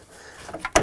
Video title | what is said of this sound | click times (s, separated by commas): How to Replace Head Gaskets 1997-2003 Ford F-150 (5.4L 2 Valve) | make sure that it snaps into place like that | 0.8 s